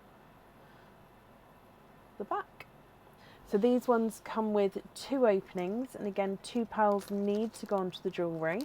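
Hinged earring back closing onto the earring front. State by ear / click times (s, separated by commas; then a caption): seated / 2.6 s. Someone talks while the hinged silver back of a crystal-encrusted pearl earring is closed back onto the earring front after the earring is threaded through. A short, sharp click at 2.6 s shows the back has seated, and the talking continues afterward.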